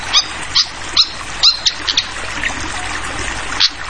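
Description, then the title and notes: Flycatcher giving several sharp high chips at uneven intervals over a continuous trickle of running water. Masteran (tutoring) of clear-voiced flycatcher song mixed with trickling water, for training songbirds. "Masteran Sikatan Kipas Suara Jernih Dan Suara Gemericik Air. Suara Burung Sikatan Londo"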